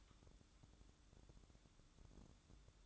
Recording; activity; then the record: daily activity, microphone in the room; light on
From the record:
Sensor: 3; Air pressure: 1007.9 hPa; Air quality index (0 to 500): 87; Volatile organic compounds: 1 ppm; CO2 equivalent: 740 ppm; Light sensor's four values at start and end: 11/26/11/11 and 18/49/21/19